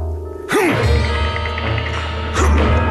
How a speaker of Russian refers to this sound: Кеаве швырял бутылку об пол, пока не утомился. Но всякий раз бутылка отскакивала от пола, словно детский мяч, и хоть бы что.